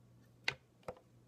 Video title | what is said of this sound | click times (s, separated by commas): How to shoot a compound bow | never you want to make sure you hear this click make | 0.5 s